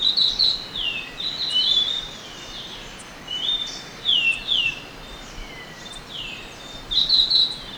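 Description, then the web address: Orange-bellied euphonia song: bursts of high, sweeping notes and brief thin whistles, with pauses of one to two seconds between bursts. Recorded in Ecuador. "Natures Songs S America Birds of Ecuador. Orange-Bellied Euphonia"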